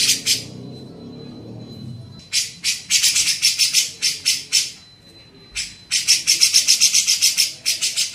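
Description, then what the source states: Grey-cheeked bulbul producing clusters of harsh rasping notes separated by pauses, with a faint high steady whine between bursts. Masteran training recording made for teaching songbirds; Indonesian name cucak jenggot.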